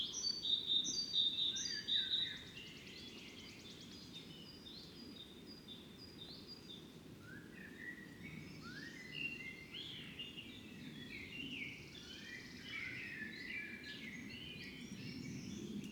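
Birds wake and sing at different times, with bright repeated chirps in the first two seconds followed by a dense, overlapping chorus of high twittering calls from about seven seconds onward. A steady low rumble of background noise runs underneath throughout.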